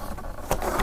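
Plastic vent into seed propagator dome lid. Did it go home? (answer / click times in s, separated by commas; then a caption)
no / none. A small plastic adjustable vent is handled and pressed toward the hole in the top of a clear plastic seed-tray humidity dome on a seed propagator. A low, steady background rumble is broken by a sharp tap at about 0.5 s and a longer rustling scrape from about 0.6 s. Nothing has seated or clicked yet.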